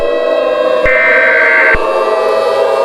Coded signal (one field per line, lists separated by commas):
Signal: Emergency Alert System (SAME) tones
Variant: header bursts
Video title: EAS Scenario #3: Team Rocket